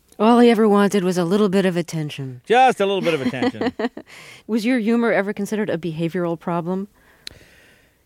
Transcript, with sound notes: All he ever wanted was a little bit of attention.
Just a little bit of attention.
(Soundbite of laughter) Was your humor ever considered a behavioral problem?
Yeah.